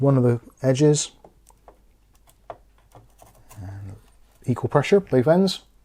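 A RAM module is handled over the DIMM slot of a B450 motherboard, lined up at one edge so equal pressure can go on both ends until the latches snap. Someone talks at the start and end, with faint handling taps between about 1.5 and 3.2 seconds, the sharpest near 2.5 seconds. Nothing has seated or clicked yet.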